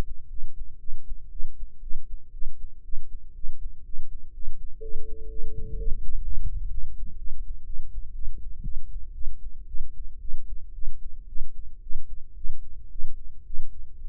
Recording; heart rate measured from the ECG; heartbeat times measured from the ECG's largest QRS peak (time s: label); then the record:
heart sounds by microphone in the right ear; 118 bpm
0.28 s: heartbeat
0.78 s: heartbeat
1.29 s: heartbeat
1.80 s: heartbeat
2.31 s: heartbeat
2.82 s: heartbeat
3.33 s: heartbeat
3.83 s: heartbeat
4.32 s: heartbeat
4.80 s: heartbeat
5.28 s: heartbeat
5.76 s: heartbeat
6.23 s: heartbeat
6.70 s: heartbeat
7.17 s: heartbeat
7.65 s: heartbeat
8.13 s: heartbeat
8.63 s: heartbeat
9.13 s: heartbeat
9.67 s: heartbeat
10.20 s: heartbeat
10.73 s: heartbeat
11.27 s: heartbeat
11.81 s: heartbeat
12.35 s: heartbeat
12.90 s: heartbeat
13.45 s: heartbeat
13.99 s: heartbeat
From the record:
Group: healthy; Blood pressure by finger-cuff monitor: 115/77 mmHg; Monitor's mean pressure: 93 mmHg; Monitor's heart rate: 114 bpm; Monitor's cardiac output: 9.1 L/min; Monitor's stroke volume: 77 mL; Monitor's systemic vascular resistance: 750 dyn s/cm5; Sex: female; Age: 19 years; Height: 163 cm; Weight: 51 kg